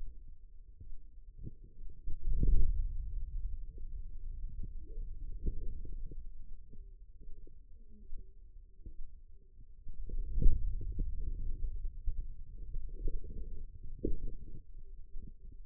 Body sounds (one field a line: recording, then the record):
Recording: forearm muscle sounds (acoustic myography)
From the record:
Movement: hand closing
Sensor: system 2, bracelet of six BSWA MPA416 microphones around the upper forearm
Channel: 4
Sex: female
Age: 25 years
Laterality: right